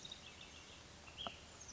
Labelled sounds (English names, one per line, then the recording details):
Ash-throated Flycatcher
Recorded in Sonoma County, California